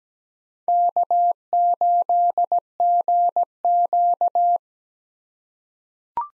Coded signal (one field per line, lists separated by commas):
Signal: Morse code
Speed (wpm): 17 wpm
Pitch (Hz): 700 Hz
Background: none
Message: K8GQ